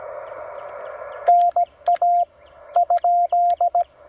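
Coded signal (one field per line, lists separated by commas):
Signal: Morse code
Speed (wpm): 17 wpm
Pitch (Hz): 700 Hz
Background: radio noise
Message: NA ?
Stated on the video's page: CW park activation contacts made during the 2024 eclipse.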